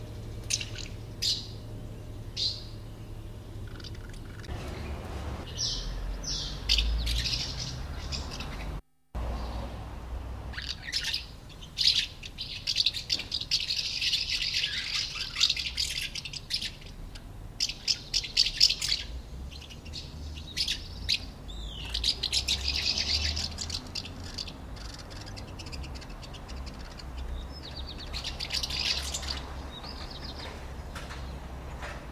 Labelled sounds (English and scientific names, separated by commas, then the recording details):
Common House Martin (Delichon urbicum)
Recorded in the wild
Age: adult
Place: Illmitz, Neusiedler See, AT
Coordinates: 47.7678, 16.7803
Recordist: Brunner, Thomas
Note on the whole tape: Aufnahme: 2000 / 2001, Illmitz, in Hausnähe, Burgenland